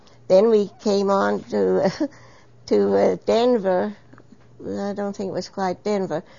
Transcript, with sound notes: Then we came on to (laughs) to Denver, though I don't think it was quite Denver.